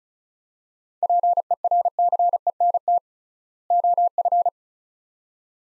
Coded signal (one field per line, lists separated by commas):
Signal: Morse code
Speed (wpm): 36 wpm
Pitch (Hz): 700 Hz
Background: none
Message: PERCENT OF